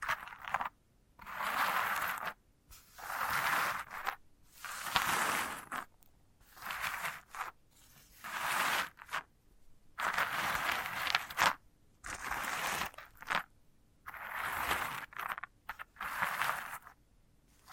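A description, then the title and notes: Dry scratching and scraping across a sunflower head, in short bursts of about a second each, split by brief silences. The strokes are rough and crackly, bright and hissy, arriving in a fairly regular rhythm through the whole stretch, with nothing else behind them. ASMR of a Sunflower Head (No Talking).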